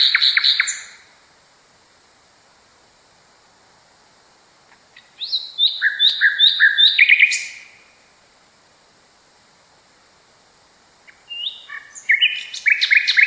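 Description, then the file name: Nightingale singing in separate bursts: a phrase fades out, a stuttering run of varied high notes follows after a pause, then a new phrase begins. "kicauan nightingale. omkicau"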